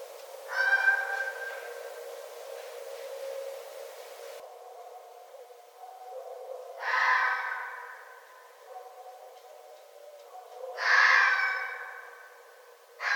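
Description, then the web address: Red fox calls: three drawn-out, harmonic, wailing cries spaced several seconds apart, a fourth beginning at the end, over steady background noise. Recorded on 9 December 2011. "Red Fox 2011 12 09"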